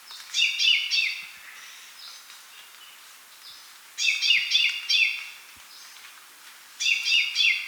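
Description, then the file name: Common chaffinch song: three brisk bursts of tumbling repeated notes separated by pauses, the last cut off at the end, over low steady hiss. "Fringilla coelebs"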